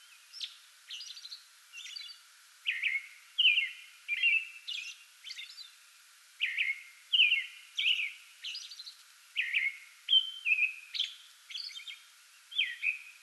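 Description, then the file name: American robin caroling continuously: liquid whistled phrases in short groups, broken by thin, high, squeaky notes, with brief pauses between bursts. Singing before dawn from a small tree in a front yard, 8 May 2022. "2022-05-08 American Robin pre-dawn singing from small tree in front yard"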